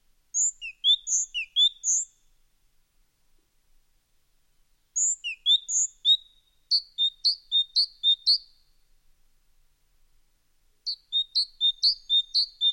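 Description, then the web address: Bird song of thin, high notes and quick repeated chirping phrases, given in three bouts with silent pauses between them. "fugl"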